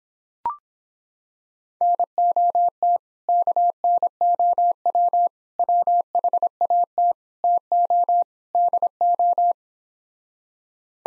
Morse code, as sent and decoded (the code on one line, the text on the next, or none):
-. --- - / -.- -. --- .-- / .-- .... .- - / - --- / -.. ---
NOT KNOW WHAT TO DO